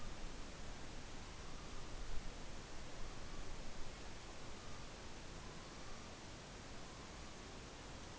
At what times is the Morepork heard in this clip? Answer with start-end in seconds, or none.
none